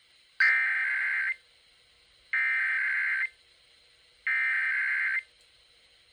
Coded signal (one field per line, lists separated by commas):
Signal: Emergency Alert System (SAME) tones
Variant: header bursts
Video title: San Diego Audacy RWTs - 06/28/26 (EAS #200-204)